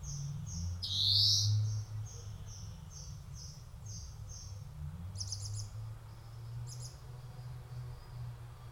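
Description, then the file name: European greenfinch call: one loud upward-slurred note amid a run of soft, evenly spaced chips, then two brief high bursts over a low rumbling background. "Chloris chloris"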